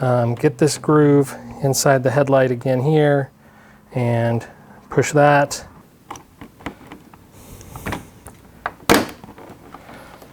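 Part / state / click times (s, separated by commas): grille trim panel edge into headlight housing groove / seated / 8.7 s, 8.9 s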